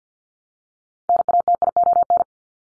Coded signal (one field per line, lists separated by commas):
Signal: Morse code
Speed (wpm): 50 wpm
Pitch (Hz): 700 Hz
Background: none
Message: NATION